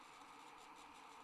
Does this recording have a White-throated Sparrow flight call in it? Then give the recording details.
no. No flight call is heard. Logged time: 08:57 on 30 November 2014